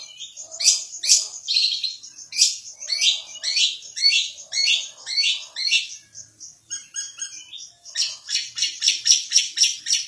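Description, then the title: Long-tailed shrike singing a scratchy, varied series of grating notes, a brief pause, then a quick rhythmic burst of harsh chattering notes. Masteran recording used for training cage songbirds, featuring various birds' chirping sounds. "cendet"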